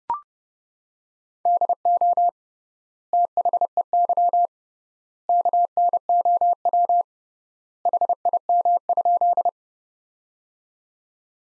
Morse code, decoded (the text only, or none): DO THEY KNOW HIM?